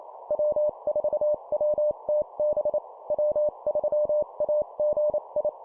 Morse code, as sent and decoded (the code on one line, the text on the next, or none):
.-- ....- .-- - -... / .-- ...-- .- --. ..
W4WTB W3AGI